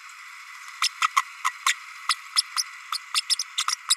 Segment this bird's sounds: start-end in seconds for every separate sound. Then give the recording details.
0.81-0.89, 1.01-1.08, 1.16-1.24, 1.44-1.52, 1.65-1.74, 2.09-2.15, 2.36-2.42, 2.56-2.63, 2.92-2.98, 3.14-3.21, 3.29-3.36, 3.39-3.42, 3.57-3.64, 3.67-3.75, 3.90-3.95. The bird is a female. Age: 32 days. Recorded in a nest box in Venezuela. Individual 17B32A5